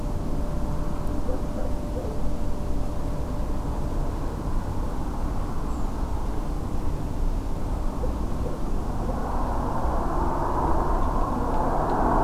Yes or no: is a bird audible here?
yes